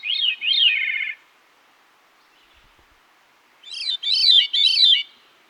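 Veery song: the end of one rolling, flutey phrase, then after a quiet pause another phrase of swirling, reedy notes.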